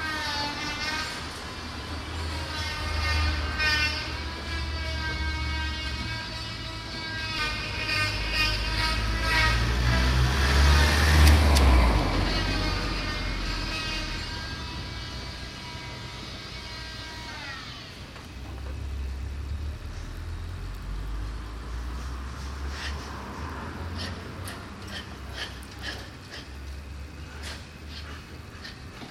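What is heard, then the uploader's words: Restoration work at a building site: a steady mechanical whine with a low rumble grows louder, peaks around 11 seconds, then fades and stops near 18 seconds. Afterwards a quieter hum remains, with scattered sharp knocks and taps toward the end. Restauratiewerkzaamheden aan de 3e Hogere Burger School aan de Mauritskade in Amsterdam. Restoration work on the 3rd Hogere Burger School (old name for secondary school) at the Mauritskade, Amsterdam.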